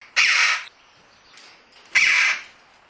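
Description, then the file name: Red-billed chough giving harsh, grating squawks: two loud calls about 1.8 seconds apart, with a faint, shorter call between them. "klushica"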